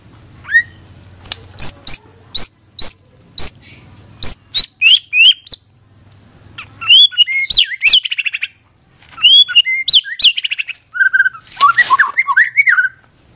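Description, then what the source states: White-rumped shama: songbird delivering a quick series of sharp clicking notes, then a jumbled run of whistles, trills and harsh chatter. Cage-bird tutor recording (masteran) used for training captive birds to sing.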